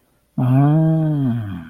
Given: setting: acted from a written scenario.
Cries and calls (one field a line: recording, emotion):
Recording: vocal sound without words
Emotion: neutral